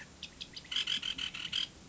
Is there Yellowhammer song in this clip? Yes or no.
no